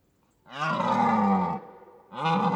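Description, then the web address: Red deer roaring: a deep, harsh bellow held for about a second, then a second roar starting after a short pause, both rich in rough harmonics. Red deer roaring in autumn, recorded in a European mountain forest. "Ivo Vicic - European mountain forest animals and soundscapes. Red deer autumn Roaring"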